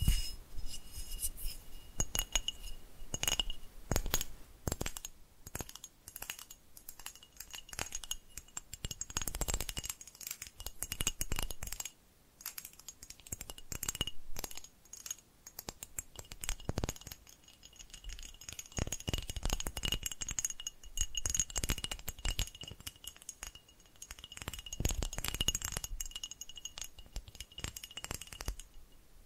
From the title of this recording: ASMR Tapping Different Areas of Your Brain 3D Panning Triggers